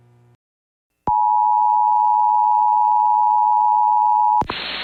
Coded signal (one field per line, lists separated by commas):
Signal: Emergency Alert System (SAME) tones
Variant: 853 and 960 Hz attention tone